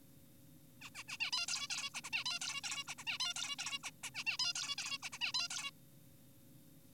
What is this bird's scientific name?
Taeniopygia guttata